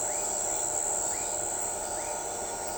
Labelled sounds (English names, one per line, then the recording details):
none
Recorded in shrubland near Pivijay, Magdalena, Colombia, on 14 April 2023 at 01:00
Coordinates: 10.453, -74.365
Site P5-G022